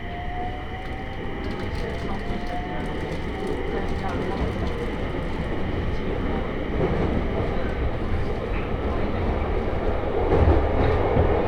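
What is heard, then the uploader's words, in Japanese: A train runs along the Tohoku Main Line between Fukushima and Kitashirakawa, a steady, dense rumble of wheels and carriage noise that swells slightly toward the end. Faint rattles and clicks pass through, and a thin whining tone glides upward early on. 鉄道旅 東北本線 福島→北白川。列車はこの途中で福島県から宮城県へと入っていきます。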